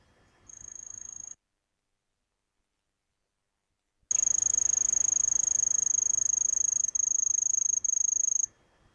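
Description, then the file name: Grass lark song, a very high, thin, rapidly pulsed trill, a short phrase then a long continuous one after silence with two brief breaks. "kusahibari"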